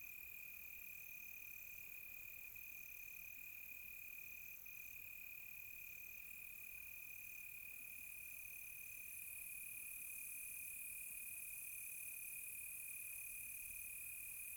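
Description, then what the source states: Cricket chorus forming a constant shrill tone, with a softer insect note pulsing at regular intervals and a hiss rising higher toward the end. Close crickets on a quiet tropical night.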